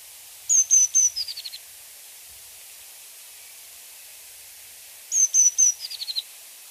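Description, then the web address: Azure tit calls: two identical phrases about four and a half seconds apart, each three high level whistles then a quick falling trill of short notes, over steady hiss. "wroblowe ptaki cyanistes cyanus"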